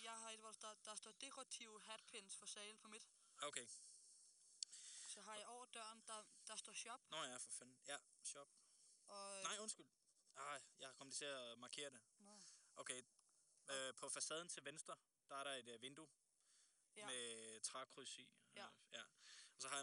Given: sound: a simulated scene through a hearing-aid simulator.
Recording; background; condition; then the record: conversation; quiet; 75 dB SPL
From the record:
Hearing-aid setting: III (slow-acting compression, loudness normalization, advanced features for about 2.5 dB of SNR improvement); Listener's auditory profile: C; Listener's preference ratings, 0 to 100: 65, 53, 59